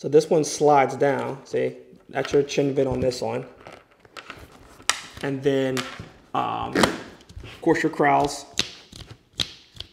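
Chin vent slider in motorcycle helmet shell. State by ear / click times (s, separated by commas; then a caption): seated / 8.6 s, 9.4 s. Someone talks while sliding the plastic chin vent on a Shoei motorcycle helmet shell through its positions. It clicks into two distinct detents, half open and full open, with sharp clicks at 8.6 s and 9.4 s.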